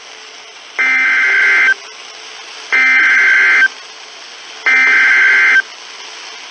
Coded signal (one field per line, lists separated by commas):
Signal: Emergency Alert System (SAME) tones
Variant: header bursts